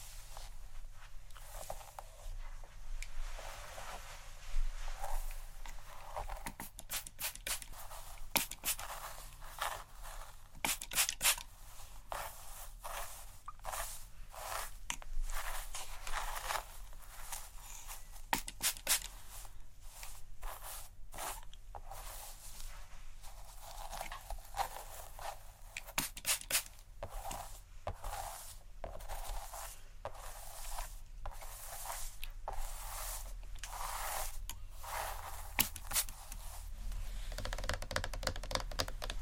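Scalp massage with dense, irregular scratching and brushing strokes, bright crackly bursts coming fast throughout over a faint low hum.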